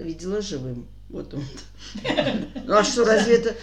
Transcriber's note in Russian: смех сестры